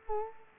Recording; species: mosquito wingbeat signal from an infrared sensor; Culex quinquefasciatus